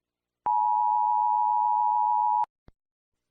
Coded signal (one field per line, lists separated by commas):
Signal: Emergency Alert System (SAME) tones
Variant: 853 and 960 Hz attention tone